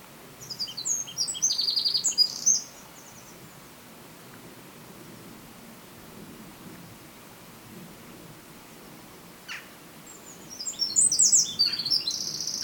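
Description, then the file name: Eurasian wren giving two bursts of rapid, piercing high-pitched song, one near the start and one near the end, separated by a quiet stretch with a single short call. "Troglodytes troglodytes"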